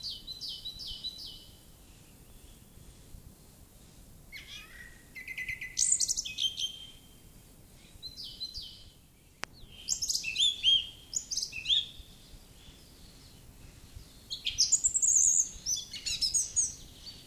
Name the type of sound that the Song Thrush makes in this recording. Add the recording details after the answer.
song. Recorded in the wild. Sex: male. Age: adult. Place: Erlangen, Bayern, DE. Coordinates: 49.6086, 10.9697. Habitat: carr. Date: 1961-05-01. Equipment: Original, Vollspur. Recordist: Tretzel, Erwin